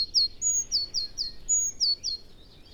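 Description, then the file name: Eurasian blue tit song: thin high notes with quick descending slurred 'tsee' elements, a long note then two or three falling notes, repeated twice. "Cyanistes caeruleus"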